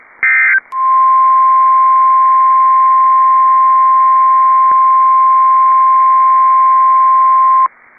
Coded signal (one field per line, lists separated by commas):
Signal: Emergency Alert System (SAME) tones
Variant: 1050 Hz attention tone